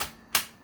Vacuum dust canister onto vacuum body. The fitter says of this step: and click that in.